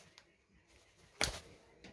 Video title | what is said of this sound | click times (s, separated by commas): New Pica Dry Longlife Automatic Pencil | it up you could hear a click in there when it comes off that's | 1.2 s